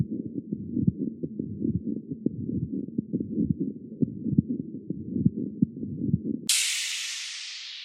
This is a pericardial friction rub, and it has three components to it. Two in diastole, one in systole. It kind of has a scratchy quality to it.